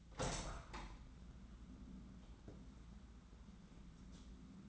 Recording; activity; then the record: daily activity, microphone in the room; open window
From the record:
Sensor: 3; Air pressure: 994.3 hPa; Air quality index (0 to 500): 205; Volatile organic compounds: 1000 ppm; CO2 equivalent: 6870 ppm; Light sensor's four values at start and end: 92/218/87/80 and 109/252/103/96